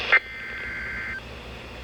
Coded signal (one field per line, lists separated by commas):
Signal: Emergency Alert System (SAME) tones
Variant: header bursts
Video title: Tornado Warning (EAS #932) 6/22/16